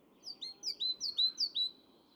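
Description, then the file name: Great tit song: four quick high two-note phrases, each a higher note sliding into a lower one, with light background hiss. "Parus major"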